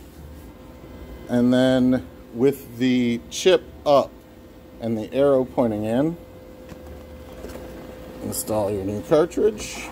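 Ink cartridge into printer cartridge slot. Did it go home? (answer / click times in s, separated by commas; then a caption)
no / none. A new ink cartridge for a WF C21000 printer is held with the chip up and the arrow pointing in and lined up with the printer's cartridge slot before being pushed home. Someone talks over a steady low background hum, with a brief burst of music near the end. Nothing has seated or clicked yet.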